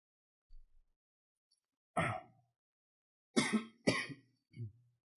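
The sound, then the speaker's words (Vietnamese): A run of harsh, breathy coughs, one alone, then a quick cluster of three or four, the last one softer and lower, with no talking around them. “Khoảng thời gian sau thì ho khúc nào cắt bỏ khúc đó.”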